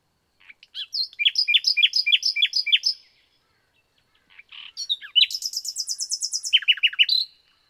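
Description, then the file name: Common nightingale song: a regular series of paired downslurred notes, a short pause, then a high buzzy trill followed by sharp descending notes. "Luscinia megarhynchos"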